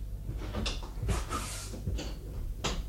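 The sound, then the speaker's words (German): A latched door is opened with a clunk and a scrape of wood as a visitor enters, followed by a few soft knocks and shuffling movement over a low, steady rumble. “Ja, die Tür ist nur eingeklinkt. Kommen Sie doch herein.”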